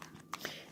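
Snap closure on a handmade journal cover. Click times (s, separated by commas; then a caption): 0.3 s. A small snap closure on the paper-and-fabric cover of a handmade junk journal is pressed shut to keep the journal closed. A sharp click is heard at 0.3 s, with softer taps around it. The snap clicks fully shut.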